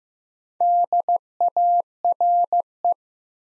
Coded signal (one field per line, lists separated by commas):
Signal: Morse code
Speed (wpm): 15 wpm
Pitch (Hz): 700 Hz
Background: none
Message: DARE